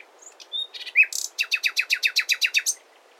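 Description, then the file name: Common nightingale song phrase: a few high whistles and a loud upward note, followed by a run of strong, regular, downslurred notes in a steady trill. "Luscinia megarhynchos"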